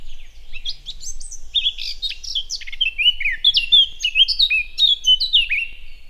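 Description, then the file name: Eurasian blackcap delivering a sustained rapid warble of mixed scratchy and clear whistled notes. "Sylvia atricapilla"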